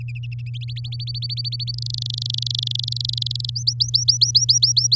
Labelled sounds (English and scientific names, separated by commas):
Domestic Canary (Serinus canaria) song